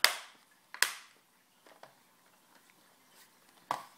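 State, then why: Seated. The bottom edge of a plastic screen bezel is pressed into the display lid of a Samsung NP300E5A-A04 laptop during a screen replacement so its clips snap together. Sharp plastic snaps ring out at 0.0, 0.8 and 3.7 seconds, with fainter ticks in between. The bezel's bottom edge is seated.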